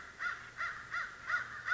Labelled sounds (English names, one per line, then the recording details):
American Crow
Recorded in Sonoma County, California